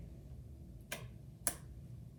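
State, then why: Seated. During a PC build, a component is pushed home into the motherboard or case and gives two sharp clicks, at 0.9 s and 1.5 s, over a low steady hum. The second click is louder, and the two clicks confirm the part is seated and good to go.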